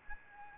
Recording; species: mosquito wingbeat signal from an infrared sensor; Aedes albopictus